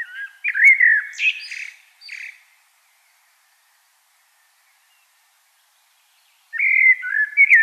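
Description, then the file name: Common blackbird gives a warbling whistled phrase with thin high squeaks, falls silent for about four seconds, then starts another mellow phrase. "Turdus merula"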